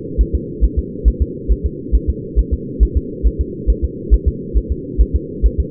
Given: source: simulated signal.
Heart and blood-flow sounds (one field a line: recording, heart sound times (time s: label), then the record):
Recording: fetal heart sounds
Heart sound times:
0.21 s: S1
0.35 s: S2
0.64 s: S1
0.79 s: S2
1.08 s: S1
1.22 s: S2
1.52 s: S1
1.66 s: S2
1.95 s: S1
2.10 s: S2
2.39 s: S1
2.53 s: S2
2.83 s: S1
2.97 s: S2
3.27 s: S1
3.41 s: S2
3.70 s: S1
3.84 s: S2
4.14 s: S1
4.28 s: S2
4.57 s: S1
4.72 s: S2
5.01 s: S1
5.16 s: S2
5.46 s: S1
5.60 s: S2
From the record:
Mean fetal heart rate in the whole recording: 135 bpm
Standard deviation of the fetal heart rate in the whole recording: 3 bpm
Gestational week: 34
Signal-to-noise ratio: -4.1 dB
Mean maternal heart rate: no maternal heart sound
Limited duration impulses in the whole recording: absent